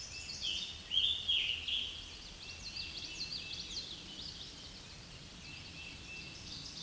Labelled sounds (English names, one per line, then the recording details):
Scarlet Tanager song
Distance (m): 15 m
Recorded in a Pennsylvania forest on 19 May 2023 at 09:08
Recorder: AudioMoth, point grid1_27_low
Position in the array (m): 139 m, 45 m